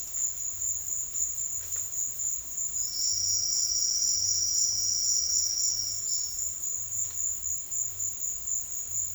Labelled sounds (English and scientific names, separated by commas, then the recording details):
none
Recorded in secondary vegetation near Puerto Asís, Putumayo, Colombia, on 28 February 2025 at 12:30
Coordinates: 0.484, -76.319
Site G010